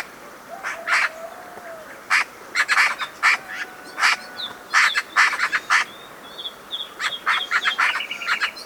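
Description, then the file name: Eurasian magpie chattering, dry harsh notes repeated rapidly in ragged runs, while other birds whistle thin tonal notes in the background. "Pica pica"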